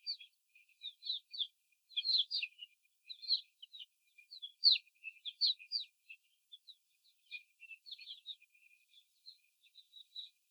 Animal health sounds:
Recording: young laying hens in a cage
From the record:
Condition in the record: after the stressor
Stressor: simulated dog barking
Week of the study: 4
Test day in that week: 2

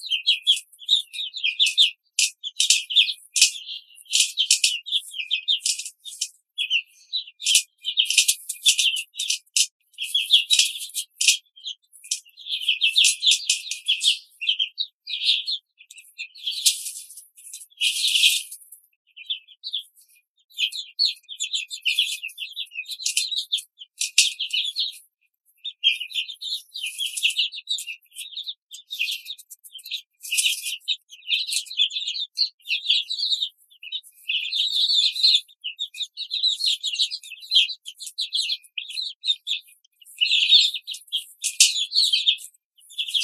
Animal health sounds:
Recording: young laying hens in a cage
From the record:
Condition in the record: control cage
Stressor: none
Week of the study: 5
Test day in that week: 1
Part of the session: 2

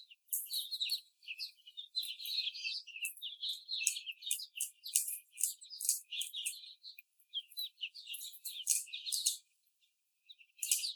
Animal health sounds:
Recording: young laying hens in a cage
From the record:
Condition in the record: before the stressor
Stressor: sudden umbrella opening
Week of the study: 3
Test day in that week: 2

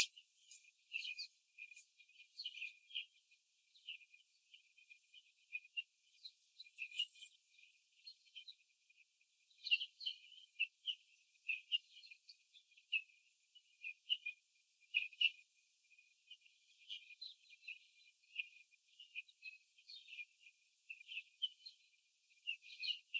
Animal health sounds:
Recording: young laying hens in a cage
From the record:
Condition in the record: after the stressor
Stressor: simulated dog barking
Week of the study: 3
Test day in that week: 1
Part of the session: 3

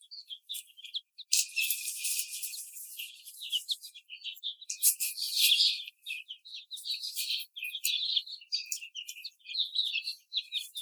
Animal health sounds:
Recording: young laying hens in a cage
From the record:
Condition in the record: treatment cage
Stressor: simulated dog barking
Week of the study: 5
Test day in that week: 1

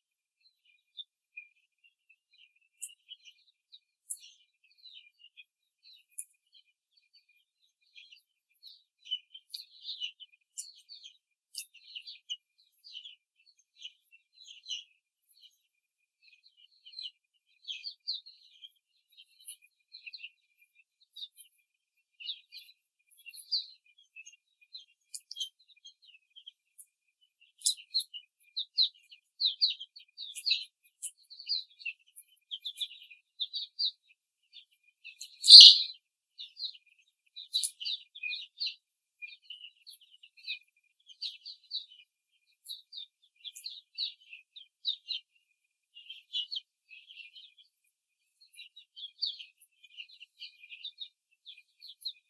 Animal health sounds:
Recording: young laying hens in a cage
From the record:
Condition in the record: before the stressor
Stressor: simulated dog barking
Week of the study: 3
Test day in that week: 2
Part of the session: 3

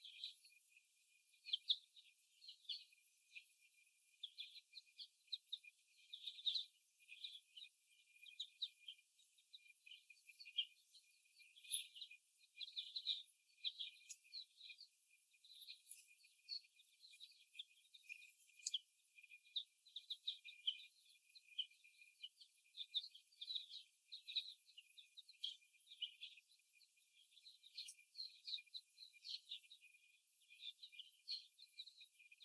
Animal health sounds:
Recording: young laying hens in a cage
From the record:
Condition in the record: after the stressor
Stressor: simulated dog barking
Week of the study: 1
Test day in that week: 1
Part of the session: 3

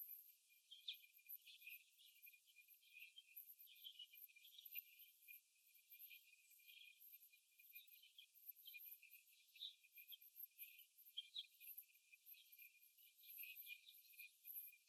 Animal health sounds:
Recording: young laying hens in a cage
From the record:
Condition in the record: after the stressor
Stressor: simulated dog barking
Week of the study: 1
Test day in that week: 2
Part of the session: 3

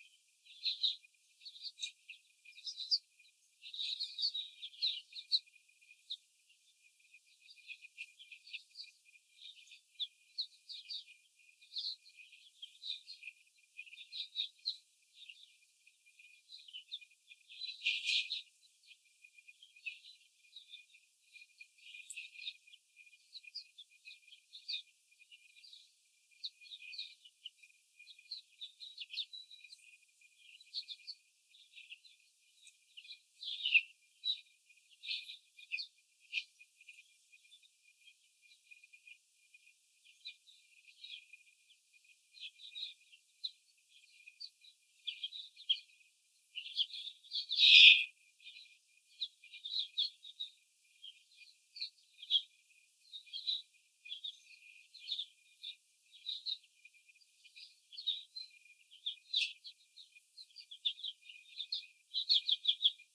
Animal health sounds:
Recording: young laying hens in a cage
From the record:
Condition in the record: before the stressor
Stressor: simulated dog barking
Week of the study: 4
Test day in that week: 3

